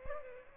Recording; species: mosquito wingbeat signal from an infrared sensor; Aedes aegypti